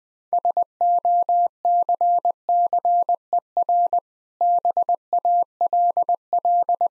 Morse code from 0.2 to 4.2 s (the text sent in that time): SOCCER